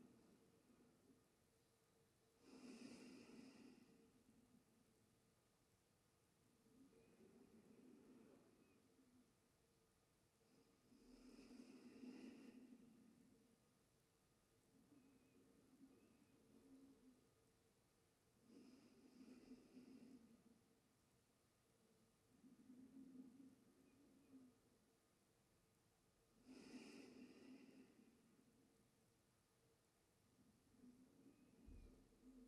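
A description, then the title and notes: Slow, gently swelling harp tones ring out every four or five seconds, low and warm with a bright shimmer, over a faint steady hiss. To finish, a tropical harp soundscape in a rainforest.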